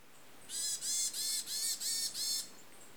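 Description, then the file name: Varied tit giving a run of six harsh, buzzy nasal notes, evenly spaced about three per second, with no other clear sounds. "yamagara"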